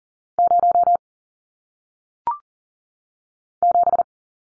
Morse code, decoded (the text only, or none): 0 7